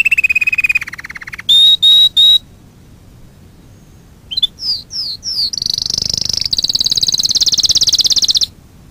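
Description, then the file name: Canary singing a lower rolling trill and a few loud whistled notes, then after a short silence downslurred notes leading into a long buzzy high trill. Fife canary breed. "kenari-fife-v 2-omkicau"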